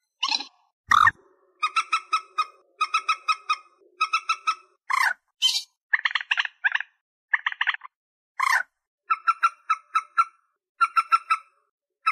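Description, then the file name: White-breasted waterhen giving runs of quick, repeated ringing notes in groups of four to six, mixed with harsh abrupt squawks. "Tieng cuoc bien cuoc moc trich re chim den"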